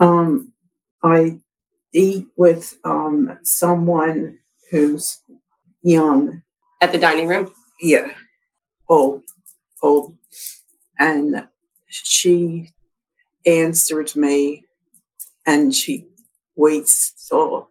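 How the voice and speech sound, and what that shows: Adult woman in conversation with expressive aphasia after a left-hemisphere stroke, with intact comprehension and reading. Her speech comes in short, effortful bursts with long pauses and filler sounds, with word-finding difficulty and fragmented, incomplete sentences.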